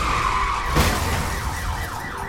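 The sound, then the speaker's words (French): The horns of several crashed cars blare at once in a steady, overlapping din, with a sharp thump partway through and a wavering alarm-like tone cycling underneath. No one speaks. “Maintenant, toutes les voitures accidentées klaxonnent.”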